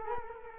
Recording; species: mosquito wingbeat signal from an infrared sensor; Culex quinquefasciatus